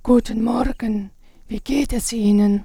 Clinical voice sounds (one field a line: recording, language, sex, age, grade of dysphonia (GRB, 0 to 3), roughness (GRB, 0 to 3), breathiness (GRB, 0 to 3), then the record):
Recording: spoken sentence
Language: German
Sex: female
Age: 50 to 59 years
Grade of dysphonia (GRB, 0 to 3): 2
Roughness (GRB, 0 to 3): 1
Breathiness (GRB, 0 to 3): 2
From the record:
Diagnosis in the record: recurrent laryngeal nerve paralysis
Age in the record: 55 years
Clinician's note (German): Re, in Intermediärstellung mit sehr wenig strob. Restbeweglichkeit, 2. Aufnahme nach Therapie